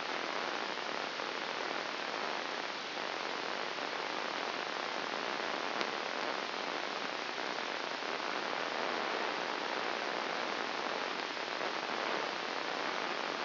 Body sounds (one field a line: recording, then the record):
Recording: brain microelectrode recording played as sound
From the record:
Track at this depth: inside the subthalamic nucleus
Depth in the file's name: 3.003 mm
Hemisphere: left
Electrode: 1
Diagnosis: Parkinson's disease